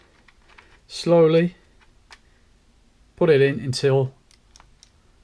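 An SD memory card is slowly pushed into the card slot of a Canon VIXIA HF R600 camcorder until it latches and is seated. Someone talks in two bursts, and several short, faint clicks follow near the end, with the card clicking into place at 4.8 s.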